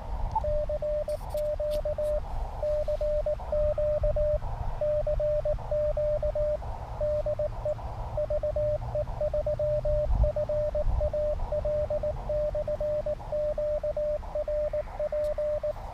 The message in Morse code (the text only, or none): CQ CQ CQ DE VE3FAL/QRP